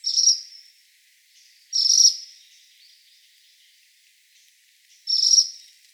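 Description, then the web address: Ashy minivet calls: three short, high, metallic trilled bursts, roughly every one and a half to three and a half seconds, with quiet gaps between. Recorded on 1 December 2015. "birdenaga. sansyoukui 151201"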